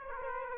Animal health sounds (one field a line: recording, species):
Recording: mosquito wingbeat signal from an infrared sensor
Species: Aedes aegypti